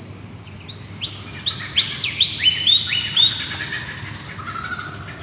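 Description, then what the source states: Lyrebird song: a run of several clear whistled notes, stepping lower one after another over a few seconds. Ridge Track, Tacoma, Victoria; sent in by listener Di McKenzie.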